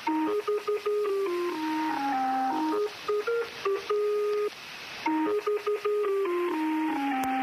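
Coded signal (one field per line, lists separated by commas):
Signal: numbers station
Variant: Lincolnshire Poacher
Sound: electronic folk melody played in short repeated phrases, the station's interval signal; no voice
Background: radio static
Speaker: known as the Lincolnshire poacher this is what it sounds like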